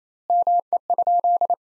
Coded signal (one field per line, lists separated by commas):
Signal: Morse code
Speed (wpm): 28 wpm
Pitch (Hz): 700 Hz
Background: none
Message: ME?